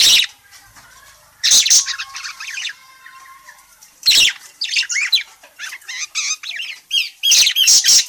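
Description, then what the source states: Parakeet squawks: loud, harsh, high bursts separated by quieter chattering warbles, with a flurry of rapid calls near the end. Calling; described as gacor, meaning it calls vigorously and often.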